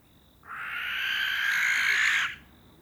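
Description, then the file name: Barn owl one loud, grating screech swelling slightly and lasting nearly two seconds, with a faint steady high tone before and after. A pair in courtship flight. "Common Barn Owl Courtship flight of pair"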